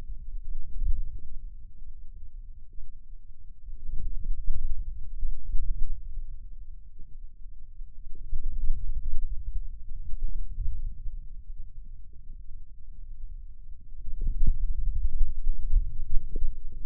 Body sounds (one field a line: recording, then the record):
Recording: forearm muscle sounds (acoustic myography)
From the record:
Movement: hand closing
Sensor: system 2, bracelet of six BSWA MPA416 microphones around the upper forearm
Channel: 1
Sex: male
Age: 22 years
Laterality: right